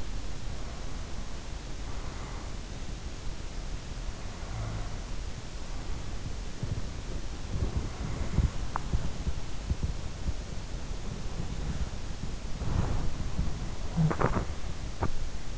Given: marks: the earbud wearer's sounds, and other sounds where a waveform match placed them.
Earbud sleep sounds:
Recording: sounds in sleep by an in-ear microphone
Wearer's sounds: breath, snoring breath, body movement, teeth grinding, talking in sleep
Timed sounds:
0.41-2.62 s: breath
4.02-5.97 s: snoring breath
6.22-15.58 s: body movement
7.15-9.12 s: teeth grinding
13.80-14.20 s: talking in sleep
13.98-15.32 s: teeth grinding

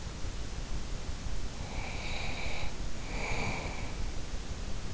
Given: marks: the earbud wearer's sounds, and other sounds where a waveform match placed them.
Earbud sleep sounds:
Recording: sounds in sleep by an in-ear microphone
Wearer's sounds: breath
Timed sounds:
1.52-4.17 s: breath

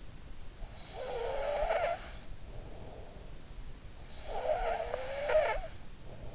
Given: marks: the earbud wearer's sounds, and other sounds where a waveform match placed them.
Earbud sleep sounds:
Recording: sounds in sleep by an in-ear microphone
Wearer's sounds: snoring breath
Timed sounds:
0.70-2.82 s: snoring breath
3.90-6.08 s: snoring breath

